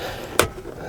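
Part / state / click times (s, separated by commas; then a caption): metal charger bracket into car center console / seated / 0.4 s. The metal bracket of a MagBak console wireless charger mount for a Tesla Model 3 & Y is pushed back into place in the car's center console, with two felt tabs going into the bracket. A single sharp click is heard at 0.4 s over low background noise. The bracket clicks and seats into place.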